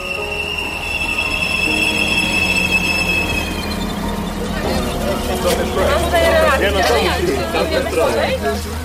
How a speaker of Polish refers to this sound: Senna atmosfera na dworcu kolejowym w jakiejś małej mieścinie, gdzieś w Europie Środkowej. Ciemno, popielate, niskie chmury nad głową, a na głowę pada deszczyk. Za chwilę przyjedzie tutaj pociąg, którym przemieszczają się uchodźcy.